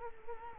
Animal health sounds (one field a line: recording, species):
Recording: mosquito wingbeat signal from an infrared sensor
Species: Culex quinquefasciatus